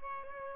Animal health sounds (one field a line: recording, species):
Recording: mosquito wingbeat signal from an infrared sensor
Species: Aedes albopictus